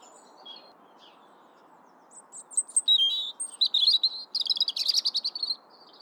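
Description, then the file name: European robin song: a quiet start, then a rich phrase of thin high whistles that breaks into fast, sparkling trills and ends with a brief high note. "Erithacus rubecula"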